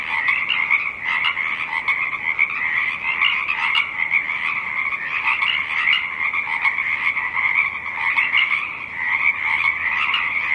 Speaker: The song of the Pacific chorus frogs rises